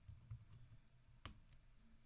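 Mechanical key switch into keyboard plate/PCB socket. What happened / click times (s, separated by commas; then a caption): The key switch snapped fully into its socket / 1.2 s. A mechanical keyboard switch for the eight key, found not fully inserted into its plate/PCB socket, is pushed down hard. It gives a loud, sharp, painful-sounding snap at 1.2 s as it seats fully home, followed by a fainter tick at 1.5 s. The switch is confirmed in afterwards.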